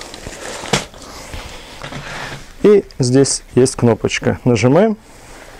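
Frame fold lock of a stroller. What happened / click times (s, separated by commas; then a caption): The frame lock is handled but has not yet clicked into place / none. Someone talks while unfolding a folded MINI by Easywalker buggy, pressing the button on its aluminium frame to engage the frame fold lock, with a short sharp handling knock at about 0.7 s. Nothing has seated or clicked yet; the fold lock is still not home when the clip ends.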